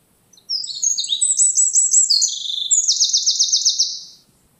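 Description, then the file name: Eurasian wren singing a brisk, high-pitched run of tinkling notes that ends in a fast, even trill, lasting about four seconds. "Troglodytes troglodytes"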